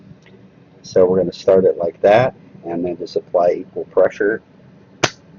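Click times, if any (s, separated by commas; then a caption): 5.0 s. Someone talks while a RAM module is set into a motherboard memory slot and pressed down with equal pressure on both ends. A sharp snap is heard at 5.0 s as the retention clips lock and the module seats.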